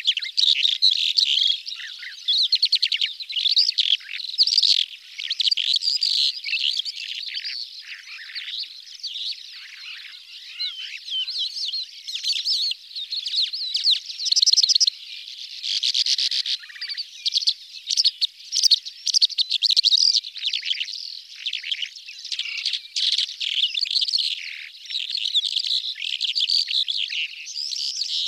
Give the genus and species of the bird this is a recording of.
Melanocorypha calandra